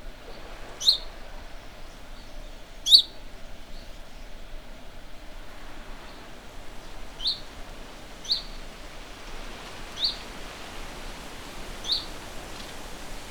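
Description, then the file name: House sparrow chirping in single sharp notes at uneven gaps, six calls, the first two louder and the rest softer, against faint constant noise. "Passer domesticus"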